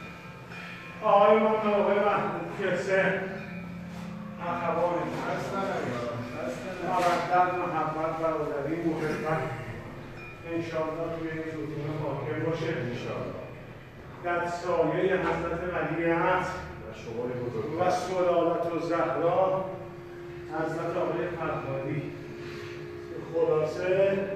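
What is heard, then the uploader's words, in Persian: A man's voice at a zurkhaneh speaks in long, drawn-out phrases with a chant-like, tonal quality. Brief dips near 10, 14 and 20 seconds separate the phrases. A steady low hum continues underneath throughout. زورخانه.بازار. در این اپیزود فرد در هنگام دعا در میانه برنامه ظهرگاهی زورخانه.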